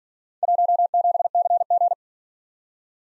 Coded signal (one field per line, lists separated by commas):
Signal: Morse code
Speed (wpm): 50 wpm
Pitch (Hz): 700 Hz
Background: none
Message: 17CG